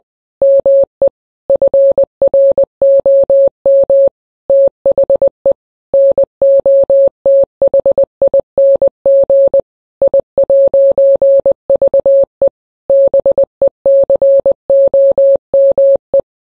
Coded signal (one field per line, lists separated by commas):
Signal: Morse code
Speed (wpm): 20 wpm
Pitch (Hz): 550 Hz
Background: none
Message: ME FROM THE NOTHING I'VE BECOME